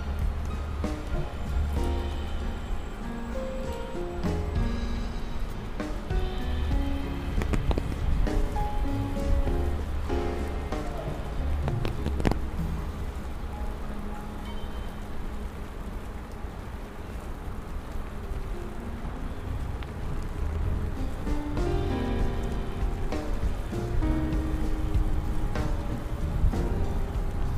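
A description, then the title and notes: Rain falls steadily on a New York street while a constant low traffic rumble fills the background, with occasional sharp clicks and passing hums. Raining Day In New York.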